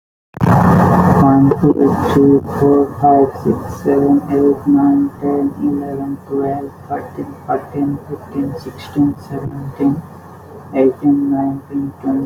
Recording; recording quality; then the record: counting at a normal pace; moderate, slight background noise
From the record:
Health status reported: exposed to COVID-19, no respiratory illness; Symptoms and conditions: cough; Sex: male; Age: 29 years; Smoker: not ticked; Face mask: not worn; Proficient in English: yes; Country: India